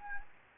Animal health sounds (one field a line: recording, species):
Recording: mosquito wingbeat signal from an infrared sensor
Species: Anopheles gambiae